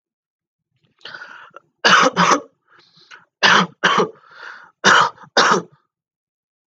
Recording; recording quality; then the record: shallow voluntary cough; excellent, no background noise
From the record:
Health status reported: healthy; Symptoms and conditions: asthma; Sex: male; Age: 21 years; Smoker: not ticked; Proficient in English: yes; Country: India